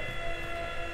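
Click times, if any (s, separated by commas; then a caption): none. A button-driven, electrically elevated cushion panel, the nose berth seat in a boat's forward cabin, rises toward its raised position, where it locks so it won't drop if power fails. A steady droning hum with a constant high tonal whine runs at an even level throughout, with no sudden sounds. Nothing has seated or locked yet.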